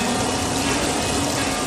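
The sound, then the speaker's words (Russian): A steady, unbroken roar of rushing water, dense and hissing across the whole range with no pauses or change in loudness, and no voices. “Вода.”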